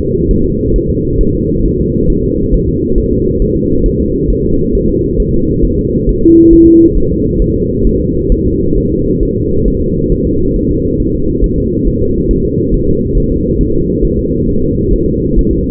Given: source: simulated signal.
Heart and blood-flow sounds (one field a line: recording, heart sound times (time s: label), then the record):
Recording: fetal heart sounds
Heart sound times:
0.01 s: S2
0.31 s: S1
0.45 s: S2
0.76 s: S1
0.90 s: S2
1.21 s: S1
1.35 s: S2
1.65 s: S1
1.80 s: S2
2.10 s: S1
2.24 s: S2
2.54 s: S1
2.69 s: S2
2.98 s: S1
3.13 s: S2
3.42 s: S1
3.56 s: S2
3.86 s: S1
4.00 s: S2
4.30 s: S1
4.45 s: S2
4.75 s: S1
4.89 s: S2
5.20 s: S1
5.34 s: S2
5.65 s: S1
5.79 s: S2
6.09 s: S1
6.23 s: S2
6.53 s: S1
6.68 s: S2
6.97 s: S1
7.12 s: S2
7.42 s: S1
7.56 s: S2
7.87 s: S1
8.01 s: S2
8.32 s: S1
8.46 s: S2
8.77 s: S1
8.92 s: S2
9.23 s: S1
9.37 s: S2
9.68 s: S1
9.82 s: S2
10.12 s: S1
10.27 s: S2
10.56 s: S1
10.71 s: S2
11.00 s: S1
11.14 s: S2
11.44 s: S1
11.58 s: S2
11.87 s: S1
12.02 s: S2
12.31 s: S1
12.45 s: S2
12.74 s: S1
12.89 s: S2
13.17 s: S1
13.32 s: S2
13.61 s: S1
13.75 s: S2
14.05 s: S1
14.19 s: S2
14.49 s: S1
14.63 s: S2
14.94 s: S1
15.08 s: S2
15.39 s: S1
15.53 s: S2
From the record:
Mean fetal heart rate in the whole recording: 135 bpm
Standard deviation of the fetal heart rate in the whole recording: 3 bpm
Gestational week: 36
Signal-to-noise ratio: -15.3 dB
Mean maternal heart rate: 72 bpm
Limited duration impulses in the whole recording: present